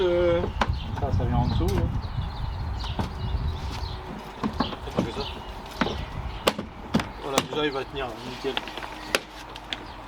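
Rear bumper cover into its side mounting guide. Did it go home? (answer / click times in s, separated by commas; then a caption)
yes / 9.1 s. Someone talks while refitting the plastic rear bumper cover onto a Peugeot RCZ, pushing it into its side mounting guide during a parking sensor replacement, with several knocks and taps of handling. A sharp snap at 9.2 s marks the bumper clipping into the guide, and it is confirmed seated.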